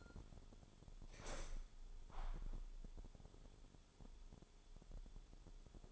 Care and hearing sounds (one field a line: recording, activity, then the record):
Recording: daily activity, microphone in the room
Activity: open window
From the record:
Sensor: 5